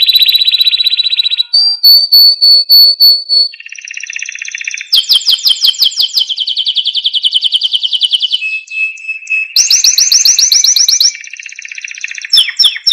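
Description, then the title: Canary song running through changing tours: a steady whistle, clipped repeated notes, buzzy rapid rolls and a bright high trill, each phrase switching pace. Canary singing energetically with a full, varied repertoire; a tutor recording for lovebirds, white-rumped shamas, canaries and leafbirds. "Masteran Kenari Gacor Full Isian Untuk Lovebird, Murai Batu, Kenari, Cucak Ijo"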